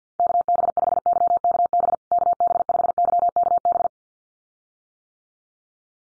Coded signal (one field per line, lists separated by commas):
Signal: Morse code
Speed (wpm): 50 wpm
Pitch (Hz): 700 Hz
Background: none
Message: KB5YKB KB5YKB